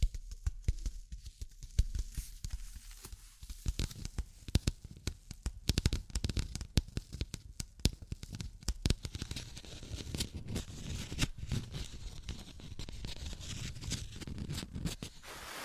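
Tapping and scratching sounds fill the clip in dense, irregular bursts of sharp clicks and crackles with a low thump under many of them. The first few seconds are sparser, then the taps grow busier and merge into a steady rustling scratch from about ten seconds on.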